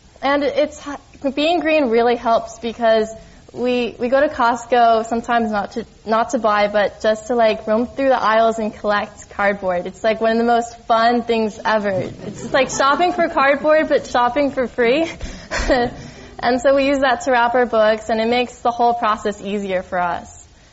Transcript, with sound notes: and it's -- being green really helps because we go to Costco sometimes not to buy but just to like roam through the aisles and collect cardboard. It's like one of the most fun things ever.
[Laughter]
It's like shopping for cardboard but shopping for free. And so we use that to wrap our books and it makes the whole process easier for us.